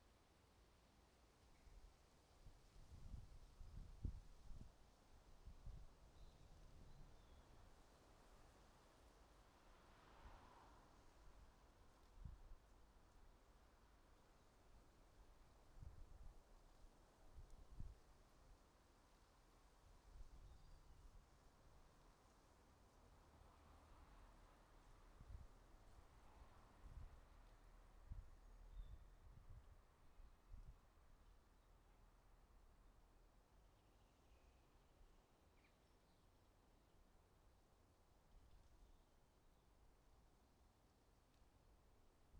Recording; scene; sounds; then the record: everyday scene through a hearing-aid microphone; wind on the microphone; wind, traffic, birds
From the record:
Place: suburban garden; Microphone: in the ear canal, right